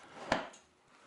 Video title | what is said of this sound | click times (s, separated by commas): Mosko Moto Soft luggage mount. "The Gnoblin" install | Oh, you can feel it click in, even without this done up. | 0.3 s